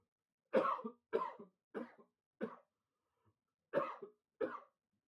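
Six short, sharp coughs come in two runs, four then two after a brief pause, from an adult. They sound muffled and dull, heard from behind a door. It is an acted sound effect of coughing.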